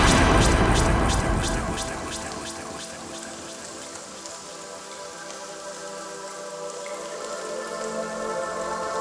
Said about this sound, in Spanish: Iniciamos este blograma escuchando sonidos de agua